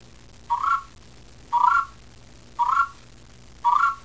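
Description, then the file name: Frog calling with four short, slightly rising notes, each about a third of a second long, repeated roughly once a second, over a faint low hum. "rana"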